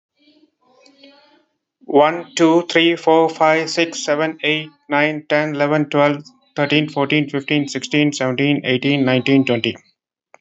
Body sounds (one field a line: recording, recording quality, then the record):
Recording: counting at a fast pace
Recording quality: excellent, no background noise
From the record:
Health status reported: respiratory illness, not identified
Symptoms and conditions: asthma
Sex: male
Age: 48 years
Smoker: not ticked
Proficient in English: yes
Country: India